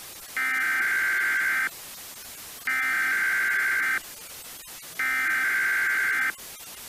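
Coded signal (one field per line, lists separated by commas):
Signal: Emergency Alert System (SAME) tones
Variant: header bursts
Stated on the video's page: Fictional EAS scenario.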